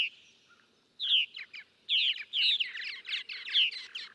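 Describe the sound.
Purple martin song starting after a second of near quiet: a loud downslurred chirp followed by rapid gurgling chatter.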